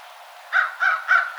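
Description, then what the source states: American crow calling with three hoarse caws at an even pace, a fourth just starting as the sound cuts off. Recorded 12 March 2007.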